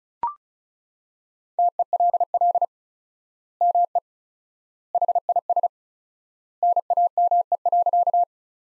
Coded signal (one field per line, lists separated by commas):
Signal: Morse code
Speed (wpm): 34 wpm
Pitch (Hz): 700 Hz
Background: none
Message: TELL ME HIS NAME.